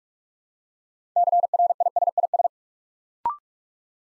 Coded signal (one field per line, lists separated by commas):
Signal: Morse code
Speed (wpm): 44 wpm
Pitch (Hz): 700 Hz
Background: none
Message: CRISIS